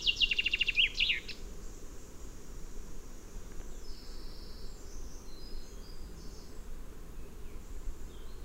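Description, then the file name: Common chaffinch song: a loud, fast series of sharp chirps in the opening second, then only faint high twitters over steady low background noise. "Fringilla coelebs"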